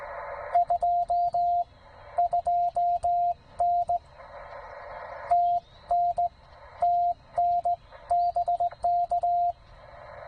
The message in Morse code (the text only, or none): 22N TN TN BK